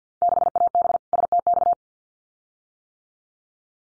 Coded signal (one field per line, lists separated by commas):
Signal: Morse code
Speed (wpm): 50 wpm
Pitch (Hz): 700 Hz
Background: none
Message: 6AB STX